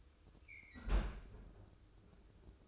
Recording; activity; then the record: daily activity, microphone in the room; close fridge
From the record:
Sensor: 2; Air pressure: 995.2 hPa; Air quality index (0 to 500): 64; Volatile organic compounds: 2 ppm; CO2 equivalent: 1081 ppm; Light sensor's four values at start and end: 16/53/21/20 and 17/54/21/20